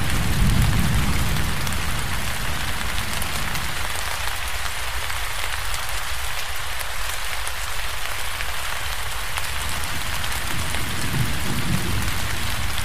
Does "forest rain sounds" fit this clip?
yes